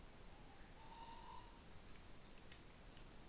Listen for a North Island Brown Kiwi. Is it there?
no